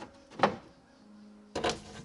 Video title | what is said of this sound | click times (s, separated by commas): 2005 Nissan Altima Door Handle Replace Easy Fix | There. Well, that pops right in. | 0.4 s